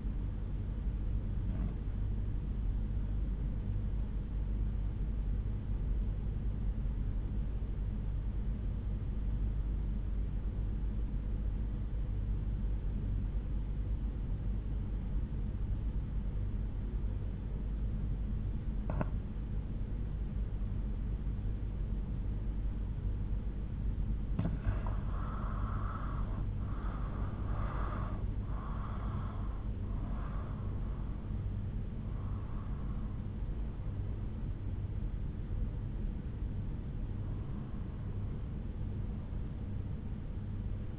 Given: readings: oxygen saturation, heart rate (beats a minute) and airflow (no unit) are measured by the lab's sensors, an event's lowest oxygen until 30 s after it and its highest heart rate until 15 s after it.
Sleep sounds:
breathing in sleep by a smartphone at the bedside; 1
5.00-25.50 s: obstructive apnea (REM, oxygen 93% highest, then 84% lowest, heart rate 62 at the start, 79 highest)
From the record:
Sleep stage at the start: REM sleep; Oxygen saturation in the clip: 90 to 94%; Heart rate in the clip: 62 to 79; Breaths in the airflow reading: 4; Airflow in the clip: -9.2 to 9.1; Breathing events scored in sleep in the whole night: 368 in 8.0 hours asleep

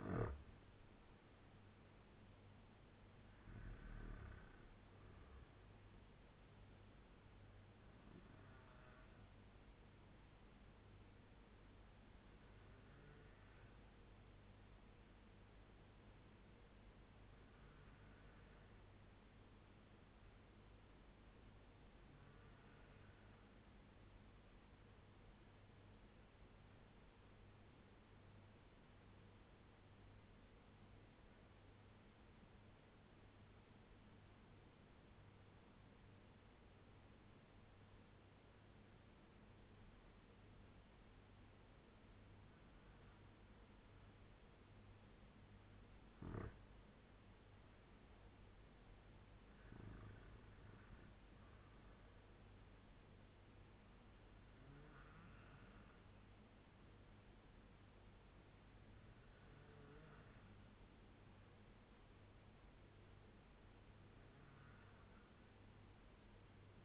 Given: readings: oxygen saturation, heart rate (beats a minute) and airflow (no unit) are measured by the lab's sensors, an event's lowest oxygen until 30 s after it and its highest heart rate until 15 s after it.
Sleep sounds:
breathing in sleep by a voice recorder at the bedside; 1
14.00-47.40 s: obstructive apnea (REM, oxygen 97% highest, then 90% lowest, heart rate 79 at the start, 91 highest)
From the record:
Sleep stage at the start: REM sleep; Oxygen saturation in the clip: 87 to 97%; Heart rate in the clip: 73 to 91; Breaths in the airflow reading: 7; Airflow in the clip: -7.0 to 10.9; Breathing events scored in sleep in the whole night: 201 in 6.5 hours asleep

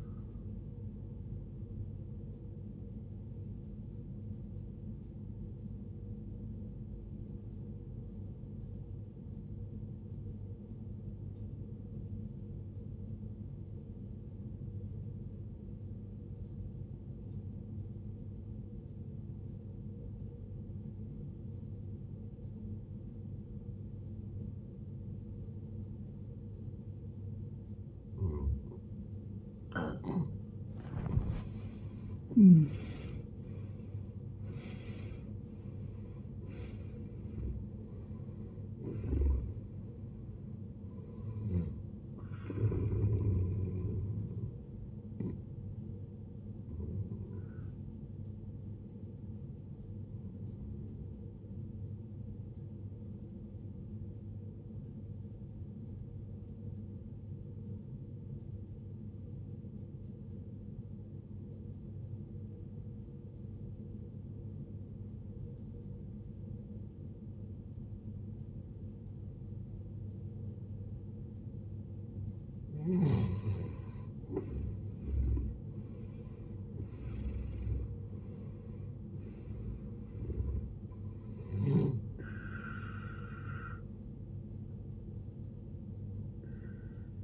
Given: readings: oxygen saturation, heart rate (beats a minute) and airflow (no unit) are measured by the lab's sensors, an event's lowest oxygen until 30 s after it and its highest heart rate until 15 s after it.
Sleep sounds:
breathing in sleep by a smartphone at the bedside; 2
3.00-30.70 s: obstructive apnea (N1, oxygen 94% highest, then 75% lowest, heart rate 62 at the start, 80 highest)
51.00-81.00 s: new sleep stage, N2 (light sleep)
55.00-74.50 s: obstructive apnea (N2, oxygen 93% highest, then 77% lowest, heart rate 59 at the start, 80 highest)
81.00-87.24 s: new sleep stage, N1 (lightest sleep)
From the record:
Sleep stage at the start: N1 (lightest sleep); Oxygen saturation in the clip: 75 to 94%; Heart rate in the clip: 50 to 80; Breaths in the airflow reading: 9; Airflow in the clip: -19.6 to 18.5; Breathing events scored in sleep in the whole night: 389 in 6.3 hours asleep

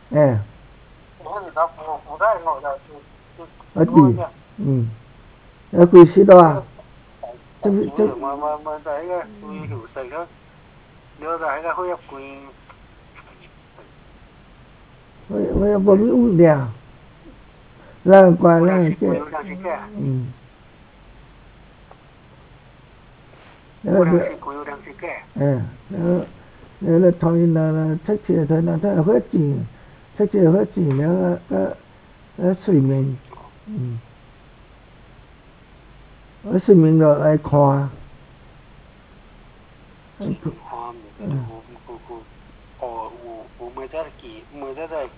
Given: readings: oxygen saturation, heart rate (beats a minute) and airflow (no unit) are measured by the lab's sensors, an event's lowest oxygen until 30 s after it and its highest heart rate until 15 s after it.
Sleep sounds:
a person awake in a sleep study, by a voice recorder at the bedside; none
0.00-45.18 s: awake
From the record:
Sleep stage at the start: awake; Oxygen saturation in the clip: 93 to 95%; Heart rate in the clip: 68 to 76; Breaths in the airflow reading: 12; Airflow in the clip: -5.2 to 5.3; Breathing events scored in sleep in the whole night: 270 in 6.1 hours asleep

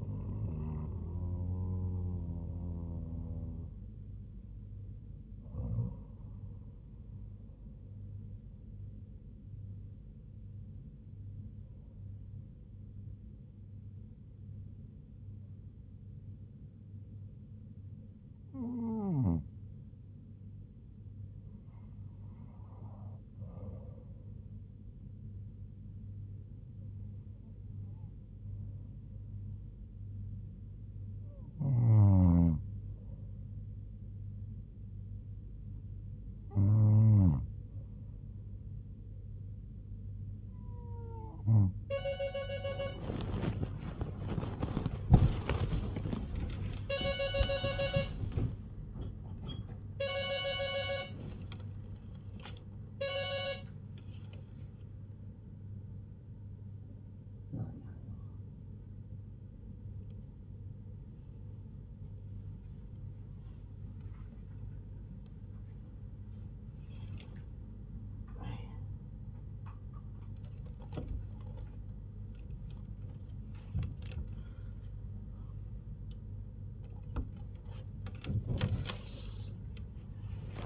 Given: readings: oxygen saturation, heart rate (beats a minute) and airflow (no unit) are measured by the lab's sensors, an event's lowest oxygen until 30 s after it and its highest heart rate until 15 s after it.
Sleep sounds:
breathing in sleep by a smartphone at the bedside; 1
11.00-46.10 s: hypopnea (N1, oxygen 98% highest, then 97% lowest, heart rate 76 at the start, 108 highest)
19.00-49.00 s: new sleep stage, N2 (light sleep)
49.00-80.66 s: new sleep stage, awake
From the record:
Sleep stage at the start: N1 (lightest sleep); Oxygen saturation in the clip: 96 to 99%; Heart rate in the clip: 71 to 110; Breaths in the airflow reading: 18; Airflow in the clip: -8.4 to 10.9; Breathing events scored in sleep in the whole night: 158 in 7.3 hours asleep

